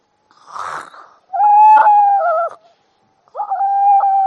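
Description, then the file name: Seal vocalizing: a soft breathy rasp, then a loud steady tonal wail with a slight wobble, a pause, and another sustained wail. "audio hero Seal"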